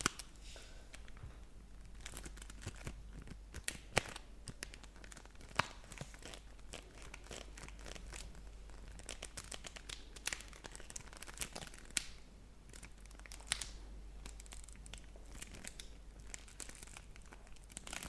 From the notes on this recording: make some sounds with the wrap of the chocolates and then they eat them